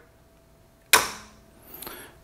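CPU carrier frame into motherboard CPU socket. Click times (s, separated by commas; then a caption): 0.9 s. A Threadripper CPU carrier frame is pressed back and down by its two blue tabs into the rails of a TR4 socket on an MSI X399 SLI Plus motherboard. It latches with a sharp, loud click at 0.9 s that rings down over the next half second, followed by a faint light tick near 1.8 s. The frame is seated in the socket as it should be.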